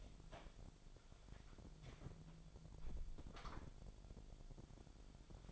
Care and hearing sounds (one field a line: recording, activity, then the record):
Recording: daily activity, microphone in the room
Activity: close door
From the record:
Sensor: 5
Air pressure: 1007.3 hPa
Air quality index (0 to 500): 167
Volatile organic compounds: 4 ppm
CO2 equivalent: 1599 ppm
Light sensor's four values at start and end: 56/158/61/61 and 56/157/61/61